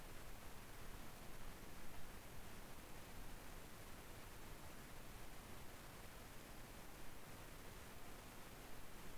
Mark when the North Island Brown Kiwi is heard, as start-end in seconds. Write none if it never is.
none